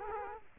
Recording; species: mosquito wingbeat signal from an infrared sensor; Culex quinquefasciatus